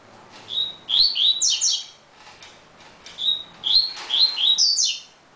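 Double-collared seedeater song: a level whistle leading into quick rising and falling slurred notes, given twice, with faint clicking in the background.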